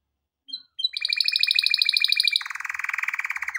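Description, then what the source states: Canary song: a few short notes, then a fast buzzy trill that shifts after a couple of seconds into a lower, rolling trill. For training canaries.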